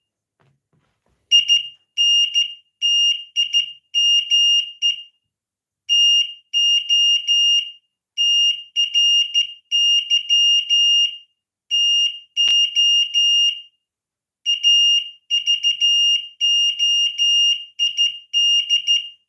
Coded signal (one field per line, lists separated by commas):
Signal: Morse code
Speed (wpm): 13 wpm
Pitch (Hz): 2850 Hz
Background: none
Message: IN TIME TO TRY TO AVOID